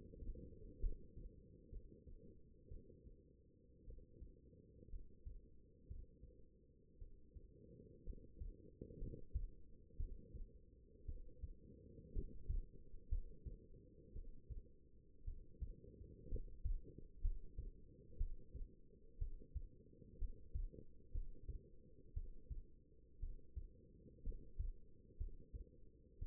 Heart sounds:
heart sounds by stethoscope; 59 bpm
0.80 s: heartbeat
1.69 s: heartbeat
2.68 s: heartbeat
3.84 s: heartbeat
4.89 s: heartbeat
5.86 s: heartbeat
6.98 s: heartbeat
8.03 s: heartbeat
8.98 s: heartbeat
9.96 s: heartbeat
11.05 s: heartbeat
12.12 s: heartbeat
13.08 s: heartbeat
14.12 s: heartbeat
15.24 s: heartbeat
16.28 s: heartbeat
17.21 s: heartbeat
18.17 s: heartbeat
19.18 s: heartbeat
20.18 s: heartbeat
21.11 s: heartbeat
22.13 s: heartbeat
23.19 s: heartbeat
24.23 s: heartbeat
25.17 s: heartbeat
26.18 s: heartbeat
From the record:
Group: healthy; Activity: rest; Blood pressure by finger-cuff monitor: 110/71 mmHg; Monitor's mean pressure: 83 mmHg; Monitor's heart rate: 59 bpm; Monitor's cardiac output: 4.9 L/min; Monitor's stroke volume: 84 mL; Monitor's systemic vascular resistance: 1240 dyn s/cm5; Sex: female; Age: 22 years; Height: 171 cm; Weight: 65.6 kg

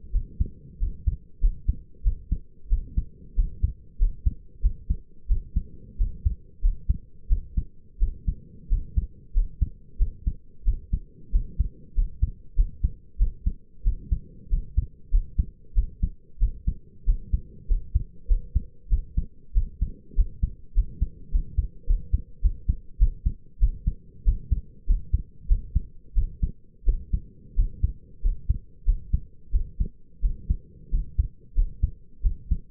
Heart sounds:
heart sounds by stethoscope; 93 bpm
0.12 s: heartbeat
0.79 s: heartbeat
1.40 s: heartbeat
2.03 s: heartbeat
2.69 s: heartbeat
3.35 s: heartbeat
3.98 s: heartbeat
4.62 s: heartbeat
5.28 s: heartbeat
5.98 s: heartbeat
6.61 s: heartbeat
7.29 s: heartbeat
7.99 s: heartbeat
8.69 s: heartbeat
9.33 s: heartbeat
9.98 s: heartbeat
10.64 s: heartbeat
11.31 s: heartbeat
11.95 s: heartbeat
12.56 s: heartbeat
13.18 s: heartbeat
13.84 s: heartbeat
14.50 s: heartbeat
15.11 s: heartbeat
15.74 s: heartbeat
16.39 s: heartbeat
17.05 s: heartbeat
17.68 s: heartbeat
18.28 s: heartbeat
18.89 s: heartbeat
19.54 s: heartbeat
20.15 s: heartbeat
20.74 s: heartbeat
21.31 s: heartbeat
21.86 s: heartbeat
22.41 s: heartbeat
22.99 s: heartbeat
23.60 s: heartbeat
24.24 s: heartbeat
24.86 s: heartbeat
25.48 s: heartbeat
26.15 s: heartbeat
26.85 s: heartbeat
27.55 s: heartbeat
28.22 s: heartbeat
28.85 s: heartbeat
29.52 s: heartbeat
30.21 s: heartbeat
30.91 s: heartbeat
31.55 s: heartbeat
32.22 s: heartbeat
From the record:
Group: healthy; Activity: rest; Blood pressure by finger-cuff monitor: 97/56 mmHg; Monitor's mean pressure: 69 mmHg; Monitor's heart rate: 94 bpm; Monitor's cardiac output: 6.9 L/min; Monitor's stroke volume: 75 mL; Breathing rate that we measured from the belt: 21 breaths a minute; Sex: male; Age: 22 years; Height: 181 cm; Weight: 60 kg

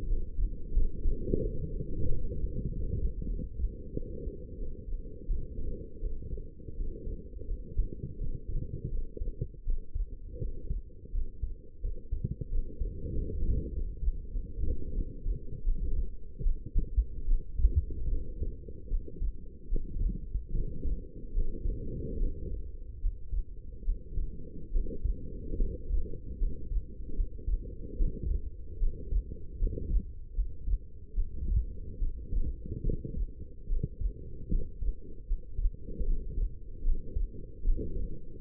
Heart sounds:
heart sounds by stethoscope; 80 bpm
0.07 s: heartbeat
0.73 s: heartbeat
1.42 s: heartbeat
2.08 s: heartbeat
2.70 s: heartbeat
3.28 s: heartbeat
3.91 s: heartbeat
4.57 s: heartbeat
5.27 s: heartbeat
6.01 s: heartbeat
6.76 s: heartbeat
7.46 s: heartbeat
8.17 s: heartbeat
8.90 s: heartbeat
9.64 s: heartbeat
10.40 s: heartbeat
11.12 s: heartbeat
11.82 s: heartbeat
12.50 s: heartbeat
13.13 s: heartbeat
13.72 s: heartbeat
14.31 s: heartbeat
14.93 s: heartbeat
15.63 s: heartbeat
16.42 s: heartbeat
17.26 s: heartbeat
18.08 s: heartbeat
18.89 s: heartbeat
19.68 s: heartbeat
20.51 s: heartbeat
21.33 s: heartbeat
22.18 s: heartbeat
23.00 s: heartbeat
23.84 s: heartbeat
24.71 s: heartbeat
25.57 s: heartbeat
26.38 s: heartbeat
27.15 s: heartbeat
27.97 s: heartbeat
28.78 s: heartbeat
29.58 s: heartbeat
30.34 s: heartbeat
31.14 s: heartbeat
31.98 s: heartbeat
32.83 s: heartbeat
33.68 s: heartbeat
34.49 s: heartbeat
35.26 s: heartbeat
36.04 s: heartbeat
36.83 s: heartbeat
37.63 s: heartbeat
38.41 s: heartbeat
From the record:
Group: healthy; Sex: female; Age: 19 years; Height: 163 cm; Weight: 51 kg

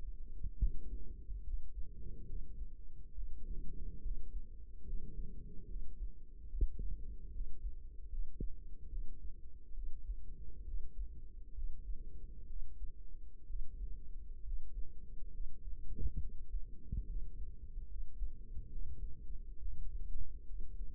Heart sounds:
heart sounds by microphone in the right ear; 69 bpm
0.58 s: heartbeat
1.43 s: heartbeat
2.25 s: heartbeat
3.13 s: heartbeat
4.01 s: heartbeat
4.84 s: heartbeat
5.66 s: heartbeat
6.49 s: heartbeat
7.31 s: heartbeat
8.08 s: heartbeat
8.88 s: heartbeat
9.73 s: heartbeat
10.64 s: heartbeat
11.53 s: heartbeat
12.46 s: heartbeat
13.46 s: heartbeat
14.42 s: heartbeat
15.30 s: heartbeat
16.19 s: heartbeat
17.05 s: heartbeat
17.87 s: heartbeat
18.68 s: heartbeat
19.58 s: heartbeat
20.45 s: heartbeat
From the record:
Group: healthy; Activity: rest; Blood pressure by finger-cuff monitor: 138/80 mmHg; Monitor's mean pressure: 101 mmHg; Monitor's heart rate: 72 bpm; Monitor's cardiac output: 6 L/min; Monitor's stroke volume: 83 mL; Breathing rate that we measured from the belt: 18 breaths a minute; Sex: male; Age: 35 years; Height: 178 cm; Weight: 64 kg

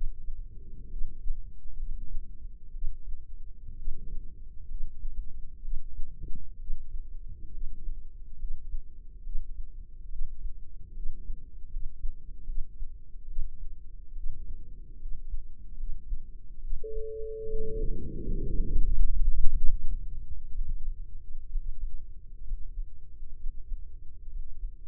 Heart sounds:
heart sounds by microphone in the left ear; 69 bpm
0.88 s: heartbeat
1.75 s: heartbeat
2.71 s: heartbeat
3.74 s: heartbeat
4.66 s: heartbeat
5.60 s: heartbeat
6.56 s: heartbeat
7.49 s: heartbeat
8.36 s: heartbeat
9.21 s: heartbeat
10.08 s: heartbeat
10.92 s: heartbeat
11.68 s: heartbeat
12.44 s: heartbeat
13.25 s: heartbeat
14.12 s: heartbeat
14.97 s: heartbeat
15.75 s: heartbeat
16.59 s: heartbeat
17.47 s: heartbeat
18.23 s: heartbeat
18.92 s: heartbeat
19.58 s: heartbeat
20.53 s: heartbeat
21.49 s: heartbeat
22.44 s: heartbeat
23.37 s: heartbeat
24.27 s: heartbeat
From the record:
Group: healthy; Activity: rest 0-16 s, breath hold 16-25 s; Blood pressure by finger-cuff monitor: 101/67 mmHg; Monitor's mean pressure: 81 mmHg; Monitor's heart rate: 68 bpm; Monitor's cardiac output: 6.5 L/min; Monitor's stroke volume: 93 mL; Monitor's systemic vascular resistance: 880 dyn s/cm5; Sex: female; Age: 23 years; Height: 160 cm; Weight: 50.4 kg

